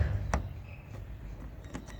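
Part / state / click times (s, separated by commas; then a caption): wiring harness plug into inner liftgate tail light socket / seated / 0.3 s. A tail light wiring harness plug on a Kia Sportage is aligned with its socket on the inner liftgate tail light and pushed in, seating with a sharp short click at 0.3 s. A weaker short tap follows at 1.8 s over low background rumble.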